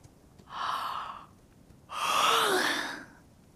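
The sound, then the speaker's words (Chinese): A sleepy yawn: a short breathy intake, a pause, then a longer drawn-out exhale with a faint voiced tone sliding downward, soft and unaccompanied by any talk, from someone drowsily leaning in another's arms on horseback in the snow. “寒夜手握缰绳，弟子园难得起个早，迷迷糊糊打着哈欠靠在他怀里。”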